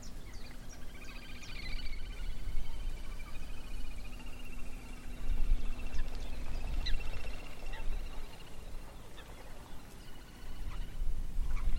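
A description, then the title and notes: Little grebes give long, fast whinnying trills that rise and fall, running almost without pause from about one second to nine, with a few sharp higher calls mixed in. A low steady hum and rough rumbling noise sit underneath throughout. Eerie birdcalls from the Avalon Marshes. Sun spills over the Avalon Marshes, driving away the last vestiges of winter. Across the water comes the hysterical giggling of courting little grebes. Recorded by Fergus Collins.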